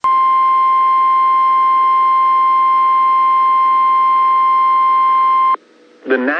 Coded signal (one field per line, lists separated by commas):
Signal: Emergency Alert System (SAME) tones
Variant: 1050 Hz attention tone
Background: speech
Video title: Clearwater MN NOAA Weather Radio Tornado Warning EAS WNG676 6 43 PM 5 12 2022